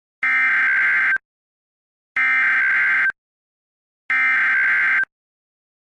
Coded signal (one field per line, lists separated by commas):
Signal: Emergency Alert System (SAME) tones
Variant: header bursts